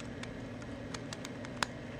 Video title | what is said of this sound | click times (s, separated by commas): Newer Dover Impulse Button. | And then it clicks into place. | 1.6 s